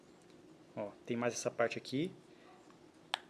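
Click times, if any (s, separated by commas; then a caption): 3.1 s. Someone talks while the remaining section of a PET plastic lid is pressed into the opening of a bee hive box. A sharp snap at 3.1 s marks that section seating into place, and the lid fits perfectly.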